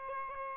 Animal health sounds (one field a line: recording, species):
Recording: mosquito wingbeat signal from an infrared sensor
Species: Aedes albopictus